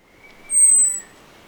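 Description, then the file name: Common blackbird giving a single very high, thin, level whistle lasting about half a second, with a faint lower tone beneath and soft background noise. "Turdus merula"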